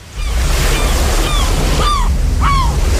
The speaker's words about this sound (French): On a bien la stéréo sur la mouette.